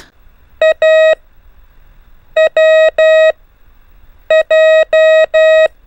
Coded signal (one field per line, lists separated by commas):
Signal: Morse code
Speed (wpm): 11 wpm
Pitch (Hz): 630 Hz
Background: none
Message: A W J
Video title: 3. ( A - W - J ) EASY TO LEARN MORSE CODE BY GROUPINGS W/ INCREASING SPEED 5 MINS A DAY